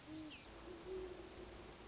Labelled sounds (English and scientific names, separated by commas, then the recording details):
Great Horned Owl (Bubo virginianus)
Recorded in Sonoma County, California